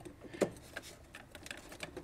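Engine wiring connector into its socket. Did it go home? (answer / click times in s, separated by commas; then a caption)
no / none. A plastic engine wiring connector is handled and pushed toward its socket while the valve cover area of a BMW 535i E60 is being refitted. Short, light ticks and taps of handling are heard at about 0.4, 0.8, 1.5, 1.8 and 2.0 s over low background noise. The connector has not seated or clicked home yet.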